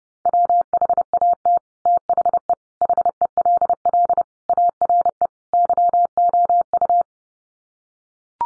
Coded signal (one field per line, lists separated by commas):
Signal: Morse code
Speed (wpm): 30 wpm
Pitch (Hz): 700 Hz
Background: none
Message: WHAT THE HELL ARE YOU